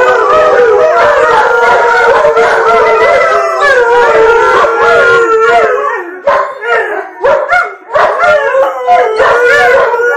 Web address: hurlement de chien levrier